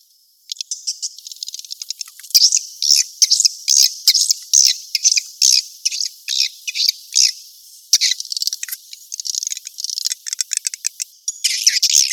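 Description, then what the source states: Swiftlet twittering: high, buzzy chirps in uneven bursts over a constant shrill chatter, growing louder after the first seconds. Asia; sound used in swiftlet farming to attract the birds.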